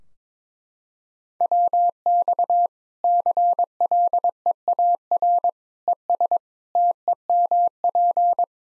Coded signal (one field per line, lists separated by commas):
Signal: Morse code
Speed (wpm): 22 wpm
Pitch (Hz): 700 Hz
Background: none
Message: WX CLEAR ES TEMP